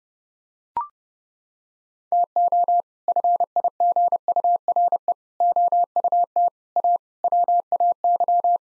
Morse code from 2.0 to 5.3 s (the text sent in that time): TO FIGURE